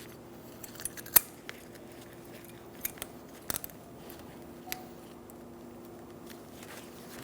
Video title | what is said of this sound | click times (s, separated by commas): How to Replace Front Brakes 2003-2007 Honda Accord | push them straight on they'll lock into place | 1.2 s, 3.5 s